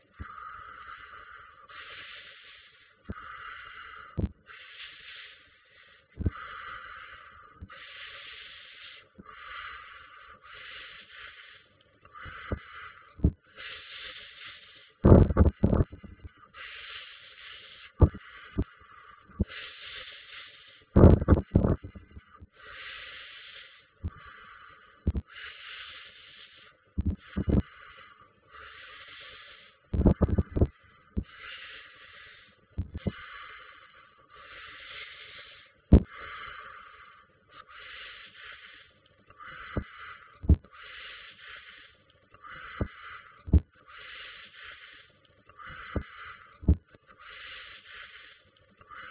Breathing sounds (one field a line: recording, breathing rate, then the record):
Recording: paced breathing near a phone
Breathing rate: 20 breaths a minute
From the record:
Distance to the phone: 40 cm